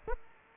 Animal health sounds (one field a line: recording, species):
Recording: mosquito wingbeat signal from an infrared sensor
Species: Aedes aegypti